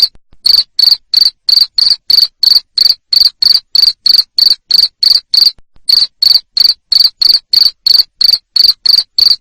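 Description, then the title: Cricket producing rapid shrill chirp pulses, evenly spaced at about three per second, with one brief gap partway through. Loud cricket chirping used to stimulate lovebirds to sing continuously. "Suara JANGKRIK NGERIK Keras Bikin LOVEBIRD Jadi NGEKEK Terus Vubey"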